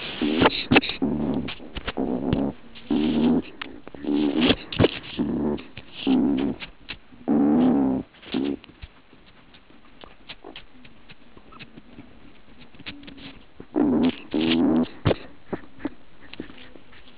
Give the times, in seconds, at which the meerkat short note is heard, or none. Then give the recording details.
11.36-11.58. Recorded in the Kuruman River Reserve, South Africa. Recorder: an audio tag on a meerkat's collar